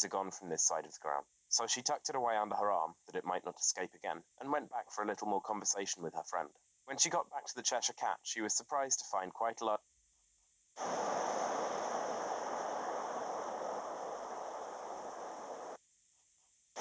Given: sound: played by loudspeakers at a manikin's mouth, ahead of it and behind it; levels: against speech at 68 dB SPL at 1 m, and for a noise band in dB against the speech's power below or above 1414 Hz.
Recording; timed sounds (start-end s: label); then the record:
test signals for a remote microphone
0.00-9.76 s: man speaking
10.76-15.76 s: speech-spectrum noise, -10 dB
16.76-16.81 s: speech-spectrum noise, 0 dB
From the record:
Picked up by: remote microphone B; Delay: 24 ms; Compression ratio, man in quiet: 2.01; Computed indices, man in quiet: SII 0.993, HASPI 0.999, HASQI 0.298 (non-linear 0.353, linear 0.843), ESTOI 0.753